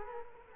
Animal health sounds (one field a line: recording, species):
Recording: mosquito wingbeat signal from an infrared sensor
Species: Culex quinquefasciatus